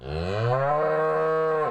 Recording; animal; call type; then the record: contact call of a hoofed animal; cattle; low-frequency (closed-mouth) or high-frequency (open-mouth) call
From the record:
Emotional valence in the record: negative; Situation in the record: full separation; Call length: 1.71 s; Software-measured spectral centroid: 1130 Hz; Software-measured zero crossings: 1270 a second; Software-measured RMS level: -24 dBFS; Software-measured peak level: -13 dBFS